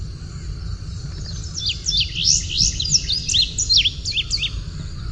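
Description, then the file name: Indigo bunting singing a short phrase of high, doubled chirps that slur up and down, over steady low noise. "INBU song"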